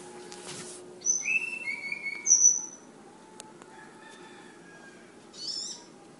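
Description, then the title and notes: Flowerpecker song: a few thin, high whistled notes, some sliding downward, then a short buzzy burst near the end. Local names tledekan and sulingan; bird called Ababil; from Kudus. "Tledekan/Sulingan ABABIL. Suara Burung Tledekan Ababil dari Kudus"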